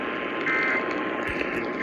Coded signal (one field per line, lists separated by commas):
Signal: Emergency Alert System (SAME) tones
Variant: end-of-message bursts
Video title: HEY STERLING - YA DONE YET?????? EAS 1144 - 1204